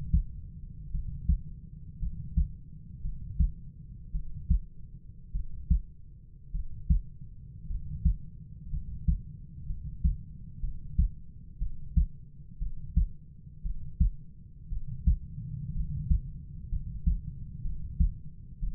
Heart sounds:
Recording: heart sounds by stethoscope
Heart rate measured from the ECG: 58 bpm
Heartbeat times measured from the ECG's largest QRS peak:
0.92 s: heartbeat
1.99 s: heartbeat
3.02 s: heartbeat
4.12 s: heartbeat
5.32 s: heartbeat
6.52 s: heartbeat
7.67 s: heartbeat
8.70 s: heartbeat
9.67 s: heartbeat
10.61 s: heartbeat
11.59 s: heartbeat
12.59 s: heartbeat
13.63 s: heartbeat
14.69 s: heartbeat
15.73 s: heartbeat
16.69 s: heartbeat
17.62 s: heartbeat
18.60 s: heartbeat
From the record:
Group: healthy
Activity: rest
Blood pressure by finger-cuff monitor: 104/51 mmHg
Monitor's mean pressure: 65 mmHg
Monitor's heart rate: 57 bpm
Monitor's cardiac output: 5.3 L/min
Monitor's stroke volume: 93 mL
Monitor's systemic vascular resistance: 880 dyn s/cm5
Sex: male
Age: 25 years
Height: 170 cm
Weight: 70.4 kg

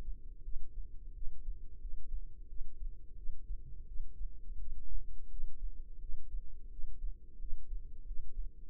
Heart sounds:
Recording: heart sounds by microphone in the left ear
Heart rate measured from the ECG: 87 bpm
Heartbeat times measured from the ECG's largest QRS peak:
0.43 s: heartbeat
1.14 s: heartbeat
1.80 s: heartbeat
2.48 s: heartbeat
3.16 s: heartbeat
3.87 s: heartbeat
4.59 s: heartbeat
5.30 s: heartbeat
6.01 s: heartbeat
6.71 s: heartbeat
7.40 s: heartbeat
8.06 s: heartbeat
8.68 s: heartbeat
From the record:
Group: healthy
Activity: rest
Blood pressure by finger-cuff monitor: 89/51 mmHg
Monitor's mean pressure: 66 mmHg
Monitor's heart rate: 87 bpm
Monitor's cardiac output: 8.7 L/min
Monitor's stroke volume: 101 mL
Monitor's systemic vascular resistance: 550 dyn s/cm5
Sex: female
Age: 22 years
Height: 161 cm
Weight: 65.5 kg

